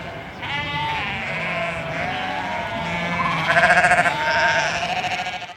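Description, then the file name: Sheep bleating in a herd, quavering bleats layered over one another, then louder rapid pulsed bleating toward the end. "felix blume animals sheep"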